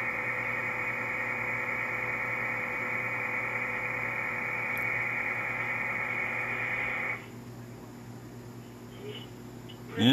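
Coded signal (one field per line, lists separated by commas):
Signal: MT63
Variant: MT63-2000L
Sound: steady wide rushing warble of many tones for about seven seconds, then faint hiss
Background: phone line hiss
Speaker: have one new message one for first message back over here comes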